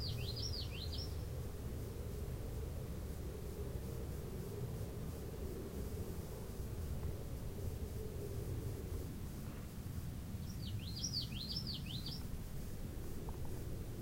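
Common yellowthroat: the tail of one rolling song opens the recording, and a full burst of repeated looping notes returns about ten seconds later over steady low noise.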